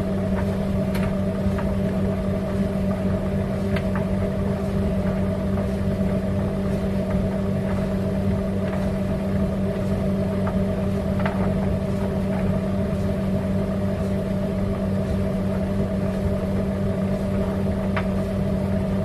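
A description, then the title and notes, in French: A tumble dryer runs with a steady, dense low hum and a constant drone, the level unchanging throughout. Small clicks and light knocks from tumbling items come through at irregular moments every second or so over the motor noise. Sèche-linge.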